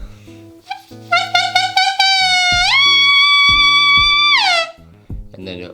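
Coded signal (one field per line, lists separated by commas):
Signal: whistled language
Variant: Hmong leaf-blown speech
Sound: short buzzy reedy notes, then a rising glide into a long sustained reedy tone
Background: background talk and music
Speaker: using home I always start with the on the high tide shower or whatever it's a sentence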